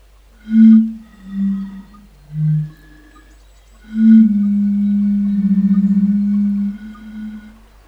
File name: cnv 08-henrik olsson anders dahl - bombina bombina